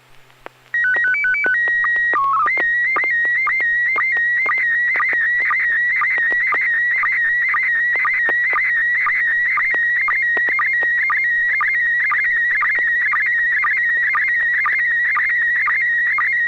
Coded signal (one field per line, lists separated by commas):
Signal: SSTV (slow-scan television)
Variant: PD 120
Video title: N6NA SSTV Net - 12/14/2022